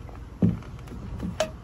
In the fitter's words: once it's there you're going to want to turn it until you hear the click just